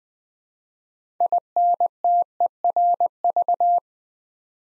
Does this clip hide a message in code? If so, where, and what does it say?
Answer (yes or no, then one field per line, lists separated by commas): yes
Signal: Morse code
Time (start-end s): 1.2-3.8 s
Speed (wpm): 20 wpm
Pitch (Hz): 700 Hz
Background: none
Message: INTERV